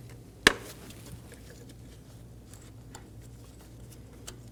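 A torque wrench tightens the variable valve timing solenoid retaining bolt into the engine cylinder head of a 2008-2015 Scion xB 2.4L L4, snugged down and torqued to 80 inch-pounds. A single sharp, loud click at 0.5 s marks the wrench clicking at its setting, followed by a few much fainter ticks over a low background hum.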